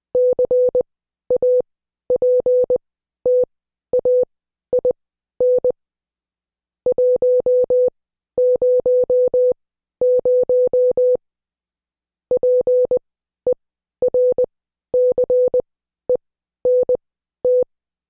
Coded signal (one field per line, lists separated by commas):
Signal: Morse code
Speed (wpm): 20 wpm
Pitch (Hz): 500 Hz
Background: none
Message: CAPTAIN 100 PERCENT